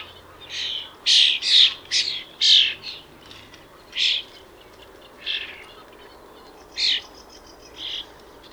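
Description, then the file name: Common Starling making harsh, scratchy squawks, a quick cluster of grating notes at first, then single calls spaced a second or more apart. "Paprastasis Varnėnas Common Starling - Sturnus vulgaris"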